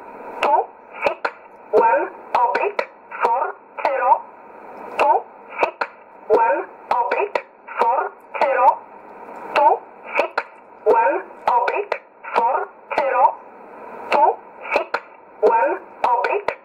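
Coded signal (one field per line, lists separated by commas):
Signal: numbers station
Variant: E11 Oblique, English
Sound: a voice reading short, evenly spaced words, probably digits, over a narrow radio channel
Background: radio static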